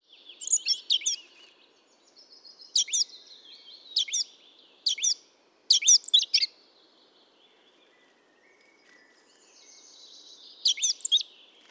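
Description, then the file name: Eurasian blackcap song: short bursts of quick, scratchy high notes, repeated every second or so, a longer pause, then one final burst. "Sylvia atricapilla"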